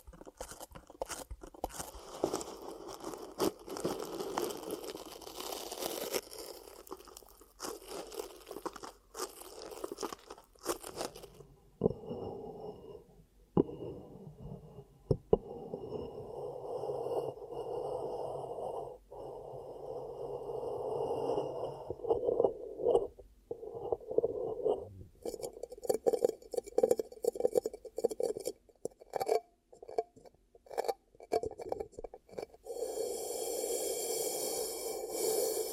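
Ear cupping sounds: soft, muffled rubbing and cupping with a low, hollow rumble that swells and fades. The first ten seconds are denser and crisper with crunchy scraping; later stretches turn duller, broken by quick taps and brief bright crinkles near the end.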